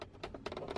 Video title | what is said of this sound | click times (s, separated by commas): Saab 9-3 Quick Fix - Center Armrest Replacement | like that you'll hear it click in can't really do this wrong same on the other side | 0.5 s